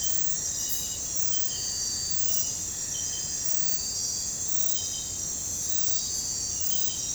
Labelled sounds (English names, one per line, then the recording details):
none
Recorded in pastures near Puerto Asís, Putumayo, Colombia, on 22 December 2024 at 02:00
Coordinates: 0.466, -76.322
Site G040